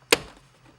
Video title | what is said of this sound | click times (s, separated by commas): VW Beetle Traction Control Button Kit Install DIY by USP Motorsports | we'll take our shifter bezel and it'll pop into place. | 0.1 s